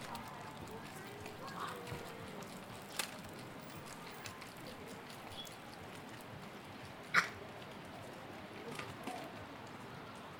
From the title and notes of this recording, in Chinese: 城市声音。北京地坛。